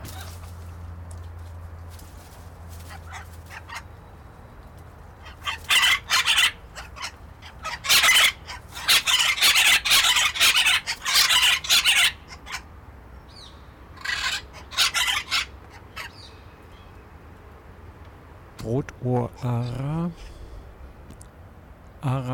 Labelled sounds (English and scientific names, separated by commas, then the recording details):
Red-fronted Macaw (Ara rubrogenys)
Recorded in captivity
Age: adult
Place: Tiergarten Wilhelma/Stuttgart, Baden-Württemberg, DE
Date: 1996-09-18 17:32
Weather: bedeckt, 14°C, teils böiger Wind
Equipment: Sony MD-WM MZ-R3, Sennheiser ME 80, Kopie Uher 4000 Report Monitor
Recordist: Tembrock, Günter